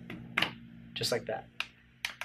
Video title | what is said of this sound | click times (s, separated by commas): ACUITY Troubleshoots An Annoying Sound Found In OEM 10th Gen Honda Civic Shifters | notice that as you rotate it the tab will glide over the nub and then click in place just like | 0.4 s